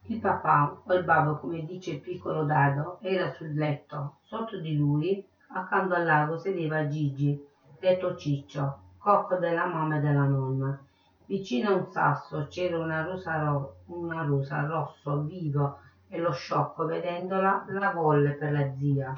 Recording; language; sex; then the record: read passage; Italian; female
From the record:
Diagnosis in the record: Parkinson's disease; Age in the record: 63 years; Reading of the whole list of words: 61 s, 4.6 characters per second